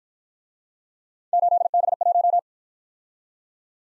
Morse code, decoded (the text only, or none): 8B1